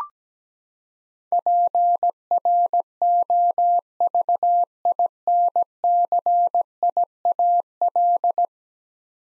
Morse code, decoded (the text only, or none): PROVINCIAL